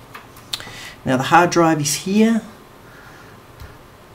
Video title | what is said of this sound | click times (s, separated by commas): Toshiba Satellite L850D Teardown | push it in on the angle and then push it down until the silver bits click into place | 0.5 s